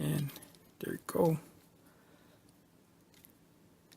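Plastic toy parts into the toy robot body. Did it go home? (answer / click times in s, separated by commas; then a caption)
yes / 3.2 s, 3.9 s. Plastic toy limb parts are pushed into the body of a Transformers Robots in Disguise Combiner Force Team Combiner Ultra Bee robot during transformation while someone talks. Two sharp clicks at 3.2 and 3.9 seconds mark the parts snapping into place, seated as they should be.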